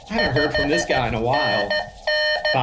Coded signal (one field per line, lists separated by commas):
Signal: Morse code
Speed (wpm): 13 wpm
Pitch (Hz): 1800 Hz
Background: speech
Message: 5NN